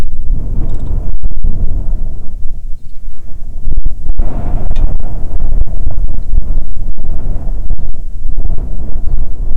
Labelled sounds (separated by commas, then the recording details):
bird, wind
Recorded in the Arctic National Wildlife Refuge, Alaska, on 9 July 2019 at 22:06
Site 48